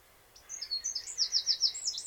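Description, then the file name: Eurasian wren song fragment: a quick series of high, sharp, sliding notes that speeds into a rhythmic trill and is cut off abruptly. "Troglodytes troglodytes"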